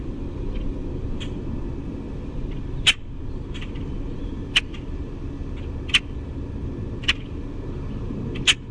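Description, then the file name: Common grackle giving short sharp chack notes, about one every one to two seconds, over a steady low rumbling background. "COGR chaa chack squeak"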